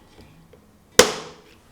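A caster wheel is pushed by hand into its socket on a wooden wheeled platform and seats with one loud, sharp snap at 0.9 s to 1.0 s. The snap rings out over the quiet background and fades within about half a second. The wheel clicks into place easily.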